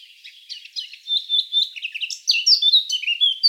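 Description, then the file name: Eurasian blackcap song: a quick, varied warble of chirps and slurred notes, building after a quiet start into louder, fluty, high phrases toward the end. "Sylvia atricapilla"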